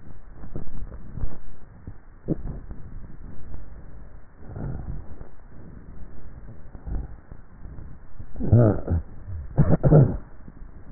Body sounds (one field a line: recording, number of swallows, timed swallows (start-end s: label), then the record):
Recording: swallowing sounds by neck microphone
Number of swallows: 2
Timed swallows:
0.65-1.22 s: swallow
2.38-3.25 s: swallow
From the record:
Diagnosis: dysphagia